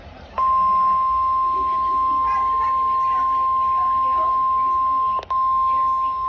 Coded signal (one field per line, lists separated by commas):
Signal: Emergency Alert System (SAME) tones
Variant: 1050 Hz attention tone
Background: speech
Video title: Severe Thunderstorm Warning on KIH28 (EAS #6)